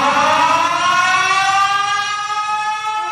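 air raid alarm siren

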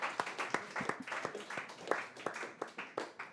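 audience applause

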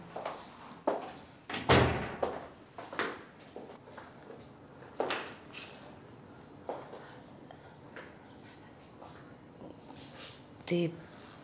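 door being opened

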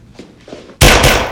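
pistol gunshots

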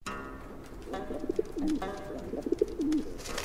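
pigeons cooing

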